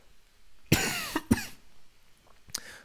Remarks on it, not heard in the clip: I have a cough. Since the winter, since like December even, or January. And it's gone in and out. It's been mostly, you know, non-productive, you know. But lately I've actually been coughing up phlegm in the morning. So I have like phlegm in my chest, in my sinuses.